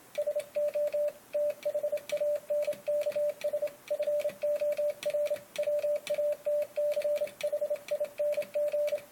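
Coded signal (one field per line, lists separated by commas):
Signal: Morse code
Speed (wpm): 27 wpm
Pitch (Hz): 590 Hz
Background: radio noise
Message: SO THANKS FOR WATCHING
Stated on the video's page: Morse sent on a McElroy 1936A model bug.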